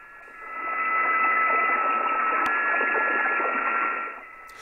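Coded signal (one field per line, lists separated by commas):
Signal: PSK31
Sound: receiver hiss with a few faint steady warbling tones at different pitches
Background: radio static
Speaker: he sends me a comment about how he used my videos to study for his amateur extra examination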